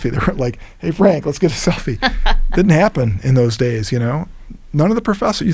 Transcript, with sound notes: They weren't like, Hey, Frank, let's get a selfie. [LAUGHTER] Didn't happen in those days. None of the professors.